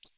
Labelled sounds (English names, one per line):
Hooded Warbler flight call